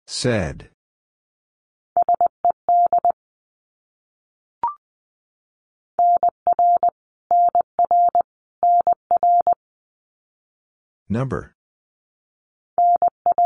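Morse code beeps in a steady mid-pitched tone, sent in quick bursts of dots and dashes with pauses, broken by two short voice snippets.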